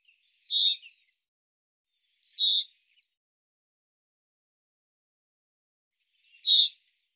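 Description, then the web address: Bird with three abrupt, harsh high calls; the first two come two seconds apart, then a four-second pause before the last. "Deverinetal 2025 File cleaned normalized Bird Fr Co"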